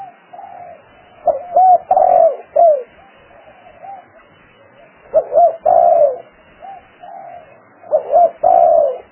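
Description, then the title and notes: Spotted dove cooing, a mellow phrase of two quick notes and a longer rolling coo repeated about every three to four seconds, with softer coos in between. Calls used as lure sounds for trapping. "Pikat Burung Tekukur. suara burung tekukur"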